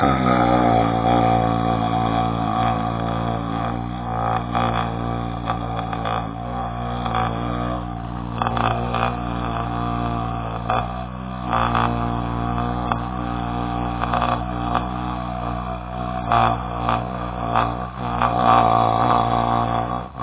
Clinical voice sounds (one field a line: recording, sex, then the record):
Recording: sustained vowel /a/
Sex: male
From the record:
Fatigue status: no fatigue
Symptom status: symptomatic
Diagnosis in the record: COVID-19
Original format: 3gp